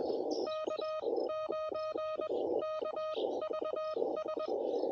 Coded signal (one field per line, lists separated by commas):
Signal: Morse code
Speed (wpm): 21 wpm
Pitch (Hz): 1250 Hz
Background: music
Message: K9KVS